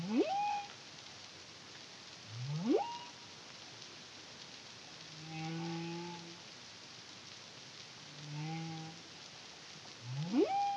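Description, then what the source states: Humpback whale song with sharp rising whoops interleaved with lower, steadier harmonic moans, units spaced a couple of seconds apart against a constant background hiss. Caribbean, CARIMAM project, 2023.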